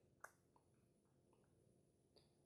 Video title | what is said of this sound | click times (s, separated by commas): Hero 13 Black Legit Kit unboxing and review | put it on this kind of snaps into place and then I take it off and then you've got the filter | 0.2 s